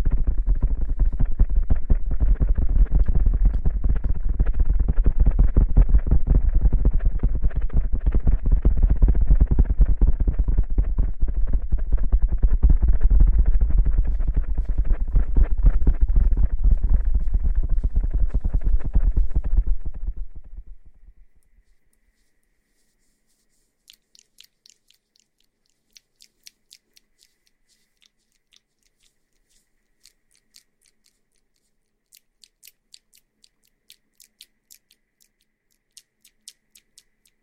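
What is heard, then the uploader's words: A water bottle is shaken in a dense, steady, low rumbling slosh for about twenty seconds, then stops, leaving faint scattered crackles and ticks. ASMR Shaking water bottle & Ear massage.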